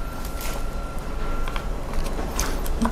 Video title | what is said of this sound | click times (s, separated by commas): UNIT CODM STYLE! | atas sedikit nah Sampai bunyi klek dia enggak Bubble teman-teman Nah | 2.4 s